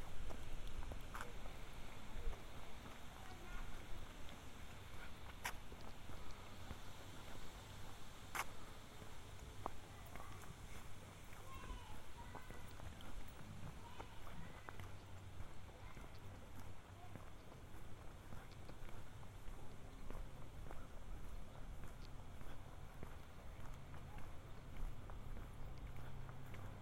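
A walk around south Boulder, Colorado, with a steady low rumble of passing traffic underneath throughout. Faint voices and scattered small sounds drift in and out, and a few sharp clicks or taps stand out near 5 and 8 seconds.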